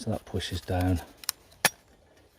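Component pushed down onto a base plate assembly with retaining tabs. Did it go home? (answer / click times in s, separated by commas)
yes / 1.7 s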